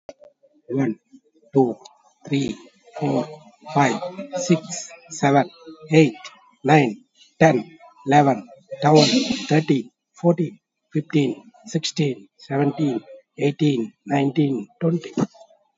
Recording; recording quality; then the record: counting at a normal pace; excellent, no background noise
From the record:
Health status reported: COVID-19 positive, mild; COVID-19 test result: positive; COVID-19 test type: RT-PCR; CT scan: taken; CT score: 0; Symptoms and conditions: cough, cold, sore throat, fever, fatigue, loss of smell and taste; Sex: male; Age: 63 years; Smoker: no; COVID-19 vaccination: both doses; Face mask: worn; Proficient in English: yes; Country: India